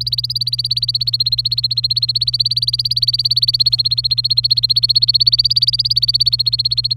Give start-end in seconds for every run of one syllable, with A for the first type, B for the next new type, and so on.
0.00-6.93 A